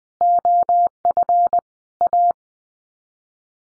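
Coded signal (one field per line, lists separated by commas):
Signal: Morse code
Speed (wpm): 20 wpm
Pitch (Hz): 700 Hz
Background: none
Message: OF A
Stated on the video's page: Head-copy practice of common five-word sets in Morse at 20 wpm, each sent in Morse, then spoken, then sent again.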